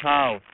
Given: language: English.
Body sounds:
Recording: throat vibration sensor signal played as sound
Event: speech

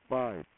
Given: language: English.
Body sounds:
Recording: throat vibration sensor signal played as sound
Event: speech

